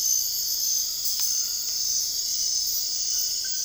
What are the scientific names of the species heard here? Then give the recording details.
none. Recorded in dense forest near Puerto Asís, Putumayo, Colombia, on 18 February 2024 at 04:00. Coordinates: 0.485, -76.318. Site G6408